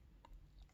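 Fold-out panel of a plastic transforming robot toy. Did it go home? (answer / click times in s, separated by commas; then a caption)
no / none. A folded-out panel of the cab section of a plastic Optimus Prime transforming robot toy is handled and pushed toward place, with a brief sharp tick near 0.25 s over faint low handling noise. The part is not yet home and nothing has seated or clicked yet.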